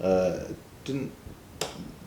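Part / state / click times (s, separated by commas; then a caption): metal support piece into grooved mating piece of a model coaster kit / seated / 1.6 s. A grooved metal support piece of a nano roller coaster model kit is lined up and pushed into its grooved mating piece while someone talks. After an earlier attempt that did not hold, a sharp snap is heard at 1.6 s. The part locks into place and no longer moves.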